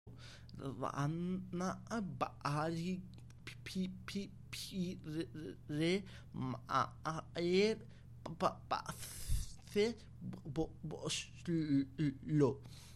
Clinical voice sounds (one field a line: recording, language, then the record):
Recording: elicited speech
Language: Bengali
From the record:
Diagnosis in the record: Broca's or global aphasia after a stroke